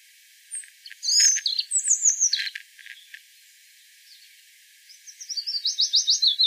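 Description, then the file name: European robin song: sharp clicks and a sweeping, high warbled phrase, a pause, then a quick, evenly repeated trill. "Erithacus rubecula"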